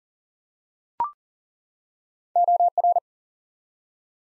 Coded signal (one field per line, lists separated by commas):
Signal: Morse code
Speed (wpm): 40 wpm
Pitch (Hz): 700 Hz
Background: none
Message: OR